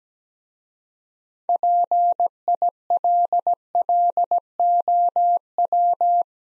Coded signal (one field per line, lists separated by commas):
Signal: Morse code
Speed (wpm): 17 wpm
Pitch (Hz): 700 Hz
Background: none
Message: PILLOW